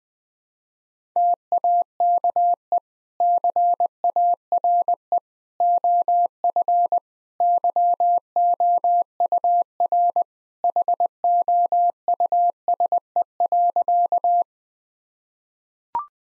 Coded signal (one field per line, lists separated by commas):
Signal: Morse code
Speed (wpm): 20 wpm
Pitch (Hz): 700 Hz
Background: none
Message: TAKE CARE OF YOUR HOUSE.